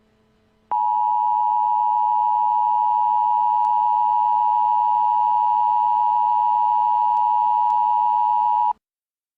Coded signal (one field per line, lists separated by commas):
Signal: Emergency Alert System (SAME) tones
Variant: 853 and 960 Hz attention tone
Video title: EAS Scenario:Peppino Spaghetti